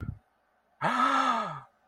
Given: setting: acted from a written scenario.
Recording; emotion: vocal sound without words; realization